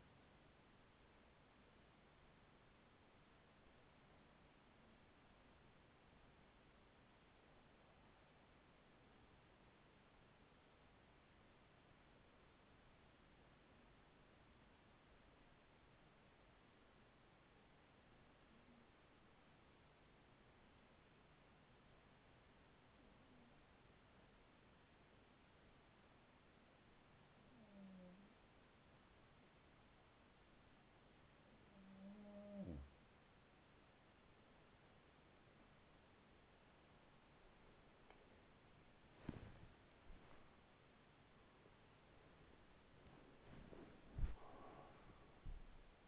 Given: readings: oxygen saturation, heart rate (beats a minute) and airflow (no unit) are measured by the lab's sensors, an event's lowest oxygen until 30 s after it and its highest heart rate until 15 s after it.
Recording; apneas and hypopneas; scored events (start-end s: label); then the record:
breathing in sleep by a voice recorder at the bedside; 1
6.00-32.90 s: hypopnea (N2, oxygen 94% highest, then 91% lowest, heart rate 42 at the start, 67 highest)
From the record:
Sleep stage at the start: N2 (light sleep); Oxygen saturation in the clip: 92 to 94%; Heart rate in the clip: 42 to 64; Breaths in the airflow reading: 11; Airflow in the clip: -10.8 to 8.9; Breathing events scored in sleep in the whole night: 207 in 7.6 hours asleep